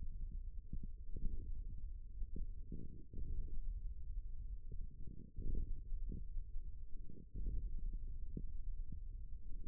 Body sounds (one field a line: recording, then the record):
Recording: forearm muscle sounds (acoustic myography)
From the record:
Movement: hand opening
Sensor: system 1, eight BSWA MPA416 microphones around the upper forearm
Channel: 7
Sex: male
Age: 41 years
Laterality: right